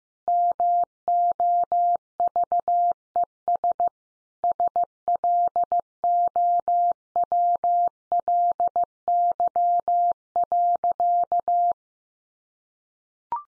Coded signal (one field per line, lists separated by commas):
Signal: Morse code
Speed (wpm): 15 wpm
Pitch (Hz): 700 Hz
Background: none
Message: MOVES SLOWLY.